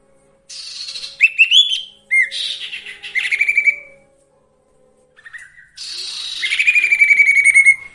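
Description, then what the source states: Sirtu song: long continuous stretches of chattering, buzzy notes and fast trills, ending in a rapid repeated trill, with a brief pause midway. Masteran (training) recording of sirtu song with full variations, used for training songbirds.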